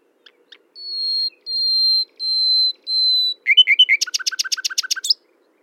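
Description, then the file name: Common nightingale song: a few soft clicks, then four long, even, pure whistles, then a fast, hard, chopped trill of repeated notes ending abruptly. "Luscinia megarhynchos"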